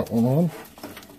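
Someone talks while the front fuel line's quick-connect fitting is slid onto a new fuel filter on an F150 pickup truck, with its plastic retaining clip about to be pressed on. Faint handling noises follow, with a small knock near 0.8 s. Nothing has seated or clicked yet.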